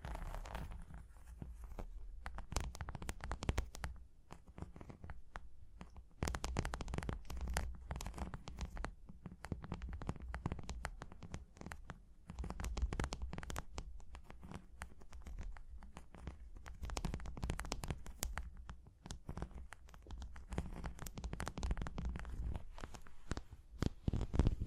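Tapping and scratching runs through the whole clip in dense, irregular bursts of short clicks and rasping strokes. Quieter gaps come around 5 and 11 seconds, while a low rumbling murmur stays underneath throughout.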